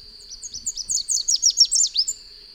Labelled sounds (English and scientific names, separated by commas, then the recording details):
Chestnut-capped Warbler (Basileuterus delattrii) song
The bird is a male
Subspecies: delattrii
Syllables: 14
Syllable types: 7
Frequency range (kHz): 3.5-8.8 kHz
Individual FV-RRS-M